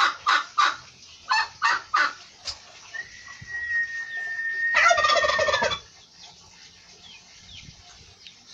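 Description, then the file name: Turkey gobbling in several loud pulses, followed by a long steady high tone and a short harsh, noisy burst. "canto do peru"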